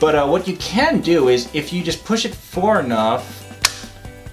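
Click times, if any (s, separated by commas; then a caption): 3.7 s. Someone talks while pushing the spring-loaded arm of a plastic action figure far enough that the internal ratchet/clutch joint in its shoulder clicks over with a single sharp click at 3.7 s. The click sounds like breaking, but the joint is just adjusting.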